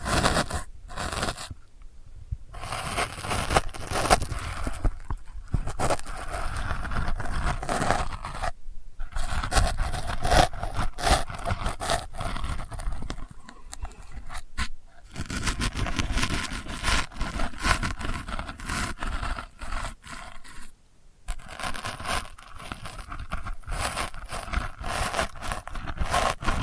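Delicate scratching goes on almost without pause, a dense, dry scraping that is bright and gritty with a low rumbling undertone. Short silent gaps break it near 2, 9, 15 and 21 seconds, and the strokes vary slightly in force throughout.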